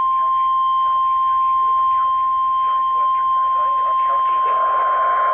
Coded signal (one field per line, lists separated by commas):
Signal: Emergency Alert System (SAME) tones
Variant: 1050 Hz attention tone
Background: speech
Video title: STARTING OFF WITH A BANG... || EAS Alerts from January 2023 (EAS #1,535-1,573)